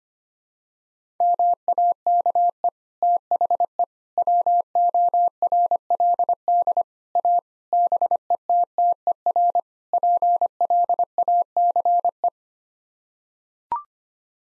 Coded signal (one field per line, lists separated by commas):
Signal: Morse code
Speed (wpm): 25 wpm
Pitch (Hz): 700 Hz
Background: none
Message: MAKE THE WORLD A BETTER PLACE